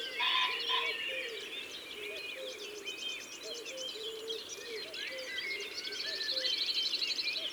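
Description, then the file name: Common pheasant gives a harsh two-note crow at the start, in a dense chorus of whistling songbirds and soft low cooing notes. "Faisan de Colchide ABC des chants doiseaux"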